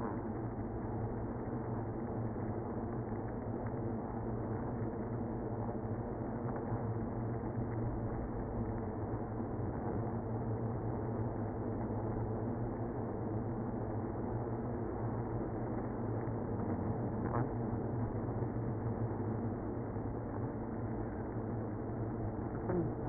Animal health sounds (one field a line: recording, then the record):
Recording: honeybee colony, microphone inside the hive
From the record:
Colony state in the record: queenless (queen removed)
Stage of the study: after two queens were removed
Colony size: about 60,000 bees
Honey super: yes